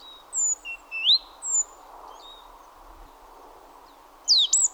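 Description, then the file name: Great tit calls: short high chirps, sharp rising and falling notes clustered early, then a quick burst of high slurred notes at the end over a steady low hiss. "Parus major"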